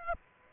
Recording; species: mosquito wingbeat signal from an infrared sensor; Aedes aegypti